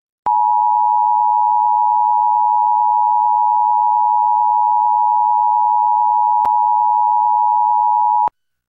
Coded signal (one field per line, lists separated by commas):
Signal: Emergency Alert System (SAME) tones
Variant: 853 and 960 Hz attention tone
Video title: EAS #1101-1102: 2 EAS Required Monthly Tests- Aug. 5, 2025- 12:15AM PDT